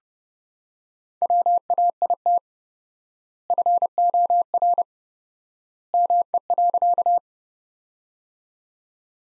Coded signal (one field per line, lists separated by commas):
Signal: Morse code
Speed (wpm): 30 wpm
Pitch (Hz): 700 Hz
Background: none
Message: WAIT FOR ME.